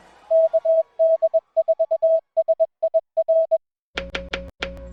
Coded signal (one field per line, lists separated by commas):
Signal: Morse code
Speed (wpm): 21 wpm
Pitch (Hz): 650 Hz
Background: music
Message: KD4SIR